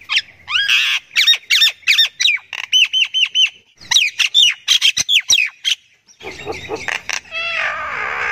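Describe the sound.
Myna calls, a rapid series of harsh squawks and clicks mixed with repeated whistled notes near the upper register, ending in a raspy, scratchy chatter.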